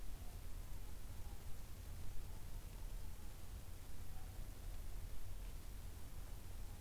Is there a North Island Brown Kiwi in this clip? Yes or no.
no